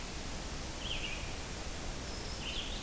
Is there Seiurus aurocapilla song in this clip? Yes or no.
no